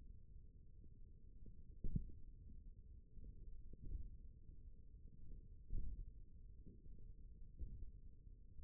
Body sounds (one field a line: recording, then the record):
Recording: forearm muscle sounds (acoustic myography)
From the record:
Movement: index flexion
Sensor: system 1, eight BSWA MPA416 microphones around the upper forearm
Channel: 4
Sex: male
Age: 28 years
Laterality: right